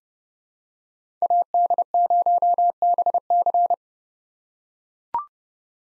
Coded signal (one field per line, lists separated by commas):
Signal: Morse code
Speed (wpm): 29 wpm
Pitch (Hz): 700 Hz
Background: none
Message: AD0BC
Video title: 2023 POTA Hunter Call Signs - 30wpm